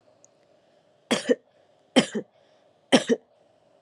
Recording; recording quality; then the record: heavy voluntary cough; excellent, no background noise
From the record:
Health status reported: COVID-19 positive, no symptoms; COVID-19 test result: positive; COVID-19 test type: RT-PCR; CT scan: not taken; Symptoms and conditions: none ticked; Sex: female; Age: 22 years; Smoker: no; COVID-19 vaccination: both doses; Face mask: not worn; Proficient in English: yes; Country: India